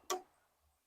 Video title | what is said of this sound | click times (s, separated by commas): New nocks: Fast nock testing | again. Nice little click on the string. | 0.1 s